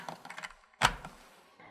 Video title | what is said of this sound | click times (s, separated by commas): Giới thiệu các bước cài đặt máy chuẩn độ điện thế đa năng Titroline 7000 hãng SI Analytical (Xylem) | and then you can take your valve cover and just snap it on top | 0.8 s